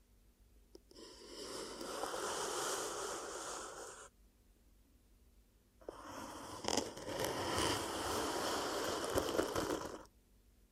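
Ear cupping sounds come in two long rushing, muffled whooshes, one from about 1 to 4 seconds and another from about 6 to 10 seconds, separated by near-silence. Each is a dense, steady hiss with a few sharp taps and crackles, over a faint low hum.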